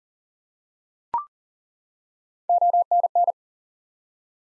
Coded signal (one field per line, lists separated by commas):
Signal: Morse code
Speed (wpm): 38 wpm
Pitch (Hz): 700 Hz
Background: none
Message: ONN